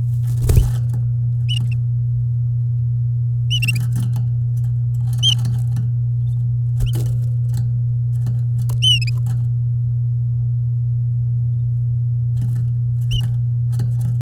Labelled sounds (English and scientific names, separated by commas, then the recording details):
Domestic Canary (Serinus canaria) song
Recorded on 8 May 2018 at 09:32
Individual llb16